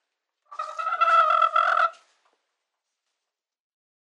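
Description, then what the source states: Chicken uttering one harsh, drawn-out squawk lasting about a second and a half, followed by silence and the start of another cry at the end. Chicken giving distress calls.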